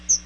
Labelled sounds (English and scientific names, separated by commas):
Chestnut-sided Warbler (Setophaga pensylvanica) flight call